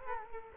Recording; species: mosquito wingbeat signal from an infrared sensor; Culex quinquefasciatus